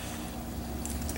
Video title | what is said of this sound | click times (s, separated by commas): Lee Pro 1000: How to Trouble Shoot Primer Issues | is your primer release pin. You could hear it just snap there when I did that. | 0.8 s, 1.1 s